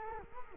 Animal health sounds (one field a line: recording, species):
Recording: mosquito wingbeat signal from an infrared sensor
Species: Culex quinquefasciatus